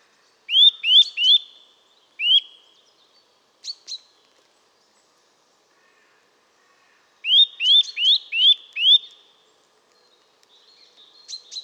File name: Sitta europaea